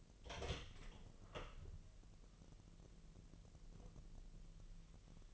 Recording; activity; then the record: daily activity, microphone in the room; open door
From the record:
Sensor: 4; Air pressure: 1002.2 hPa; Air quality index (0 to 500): 248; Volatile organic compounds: 41 ppm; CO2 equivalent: 3164 ppm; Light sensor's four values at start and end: 9/20/8/7 and 9/20/8/7